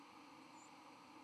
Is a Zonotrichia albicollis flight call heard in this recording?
yes